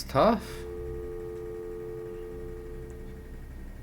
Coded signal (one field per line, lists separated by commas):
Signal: telephone call progress tone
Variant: North America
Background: speech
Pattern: dial tone